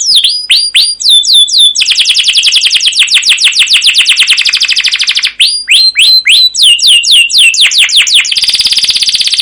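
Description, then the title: Canary song: sharp sweeping chirps leading into a long fast rolling trill, more chirps, and a final dense high buzzing trill. Canary song used as a lure (pancingan) to train other canaries; described as long, continuous rolling song (gacor panjang, ngerol) with 'cuit cuit' notes. "CUIT CUIT NGEROL LANGSUNG GACOR PANJANG Kenari Pancingan KENAR. Masteran Suara Burung Kenari Gacor Panjang cuit cuit Ngerol untuk Pancingan Kenari!"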